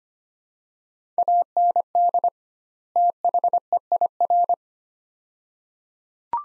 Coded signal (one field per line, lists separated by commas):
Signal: Morse code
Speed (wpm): 25 wpm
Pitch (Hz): 700 Hz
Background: none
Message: AND THEIR